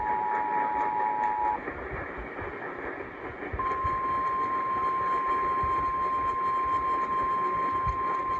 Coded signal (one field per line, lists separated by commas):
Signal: Emergency Alert System (SAME) tones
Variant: 853 and 960 Hz attention tone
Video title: SLIGHTSANITY 8: EAST COAST SANITY - EAS Alerts From 5/17/23 - 5/19/23 (EAS #1727-1747)